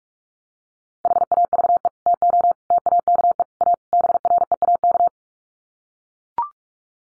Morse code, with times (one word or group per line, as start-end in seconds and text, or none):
1.1-1.9 HAVE
2.1-2.5 TO
2.7-3.4 TAKE
3.6-3.7 A
3.9-5.1 BREAK